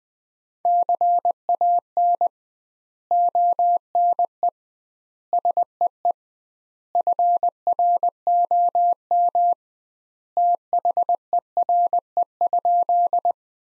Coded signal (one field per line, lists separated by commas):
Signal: Morse code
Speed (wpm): 20 wpm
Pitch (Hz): 700 Hz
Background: none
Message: CAN ONE SEE FROM THERE?